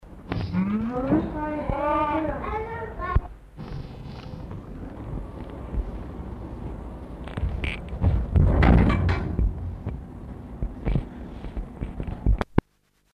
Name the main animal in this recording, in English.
Clouded Leopard